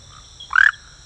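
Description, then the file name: Rhacophorus smaragdinus: one brief, rising croak over a steady high-pitched insect drone. "Rhacophorus smaragdinus"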